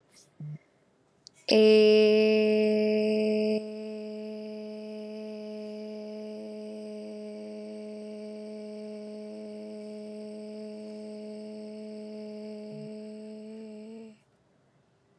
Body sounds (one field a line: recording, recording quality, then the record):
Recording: sustained vowel as in made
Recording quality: excellent, no background noise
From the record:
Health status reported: COVID-19 positive, mild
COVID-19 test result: positive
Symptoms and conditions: cough, cold, sore throat, fever, loss of smell and taste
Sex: female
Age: 20 years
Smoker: not ticked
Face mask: not worn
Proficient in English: yes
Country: India